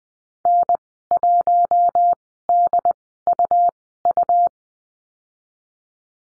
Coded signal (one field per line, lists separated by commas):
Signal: Morse code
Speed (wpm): 20 wpm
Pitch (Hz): 700 Hz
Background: none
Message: N1DUU